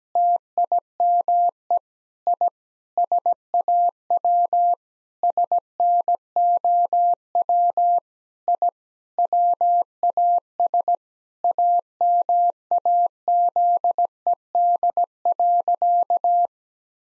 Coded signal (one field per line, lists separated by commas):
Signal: Morse code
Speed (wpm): 17 wpm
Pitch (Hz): 700 Hz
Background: none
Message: TIME I SAW SNOW I WAS AMAZED.